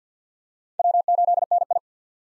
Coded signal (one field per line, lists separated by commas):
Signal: Morse code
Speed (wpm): 50 wpm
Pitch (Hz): 700 Hz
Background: none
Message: W8NI